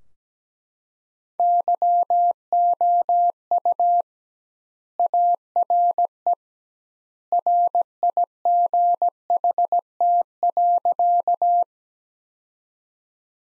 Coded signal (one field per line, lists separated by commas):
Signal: Morse code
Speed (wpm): 17 wpm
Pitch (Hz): 700 Hz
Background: none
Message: YOU ARE RIGHT.